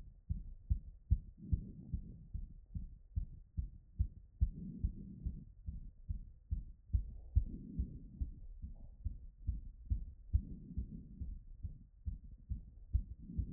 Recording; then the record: heart sounds by stethoscope after running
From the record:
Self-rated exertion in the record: light exertion (2 of 6); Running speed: 5 mph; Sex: female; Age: 23 years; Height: 161 cm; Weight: 62 kg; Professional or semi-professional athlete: no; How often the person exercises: 1 to 2 times a week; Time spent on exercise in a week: 1 to 2 hours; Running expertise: no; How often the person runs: under once a week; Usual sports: cycling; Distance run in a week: 3 km